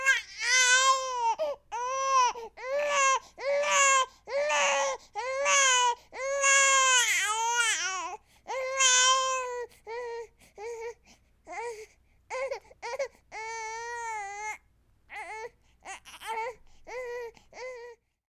Baby crying.